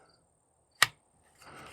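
A full-size SIG P320 pistol is pushed into its RMR-cut kydex holster, whose retention screw was adjusted for a positive click into the trigger well. A single sharp click at 0.8 s shows the pistol seated, and a softer, steady broadband noise follows from about 1.4 s.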